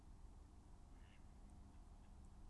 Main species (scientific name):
Anas platyrhynchos